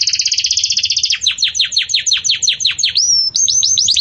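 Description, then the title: Canary song: a fast, even trill of high notes, then a run of downward-sweeping whistled notes, a rising slur and more quick sweeps. Belgian canary song in the campainha (bell) style, used for tutoring young canaries. "Canto Do Canário Belga Campainha Para Encarte De Filhotes"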